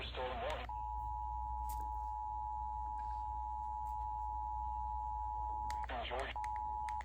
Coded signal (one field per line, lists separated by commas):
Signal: Emergency Alert System (SAME) tones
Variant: 853 and 960 Hz attention tone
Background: speech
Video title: EAS #186-189 - CHS SVR via KEC85, WEAS-FM, WQBT-FM, & WXYY-FM